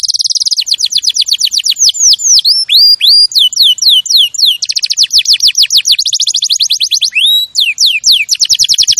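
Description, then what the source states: Canary singing rapid rolling trills mixed with sharp falling whistled notes, varied phrases following one another without pause. Champion canary song for training other birds to sing.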